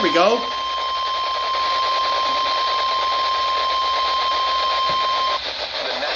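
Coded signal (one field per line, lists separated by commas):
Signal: Emergency Alert System (SAME) tones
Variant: 1050 Hz attention tone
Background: speech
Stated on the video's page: Severe thunderstorm, flash flood and tornado alerts caught over NOAA Weather Radio and commercial AM/FM radio.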